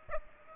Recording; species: mosquito wingbeat signal from an infrared sensor; Aedes aegypti